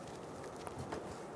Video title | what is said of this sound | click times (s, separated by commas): How to Replace Front Wheel Bearing & Hub Assemblies 2014-2018 Chevrolet Silverado 1500 | push until you hear a click | 0.7 s